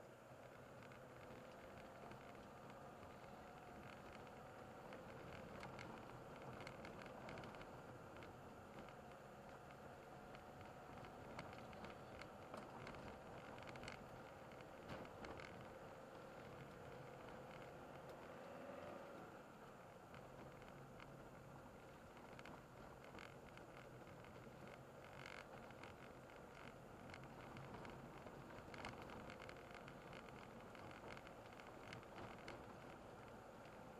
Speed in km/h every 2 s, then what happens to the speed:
30, 31, 35, 32, 30, 32, 32, 35, 36, 39, 36, 34, 34, 36, 38, 41, 42.
0-12 steady at about 32. 12-17 speeds up to 39. 17-24 steady at about 34. 24-34 speeds up to 42.